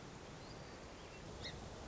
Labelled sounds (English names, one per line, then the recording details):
Song Sparrow
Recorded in Sonoma County, California